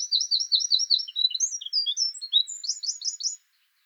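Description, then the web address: Eurasian wren song: it opens mid-trill with rapid repeated notes, moves through varied high twitters and whistles, and finishes with another quick trill. "songs troglodytes troglodytes call"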